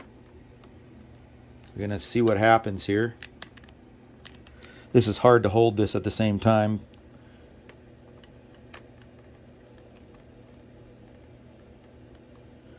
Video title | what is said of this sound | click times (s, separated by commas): How to Terminate Cat 6 Connectors & Cable Matters connector Tests | Well, I didn't hear a click. I didn't hear a click. | none